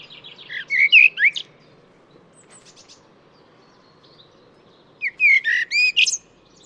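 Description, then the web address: Bird sings two bursts of loud slurred whistles and chirps about four seconds apart, with a quiet gap and light hum between. "cianscape birddata Deverinetal 2025 Bird Only Tu Me Tu Me"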